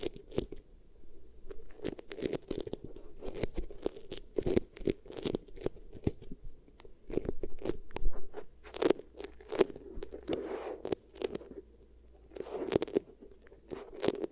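Beeswax is pressed and worked in short, crunchy crackles and snaps that come in quick irregular bursts throughout. The sharp clicks are bright and dense, with a softer low rustle between them and brief quieter gaps around seven and twelve seconds.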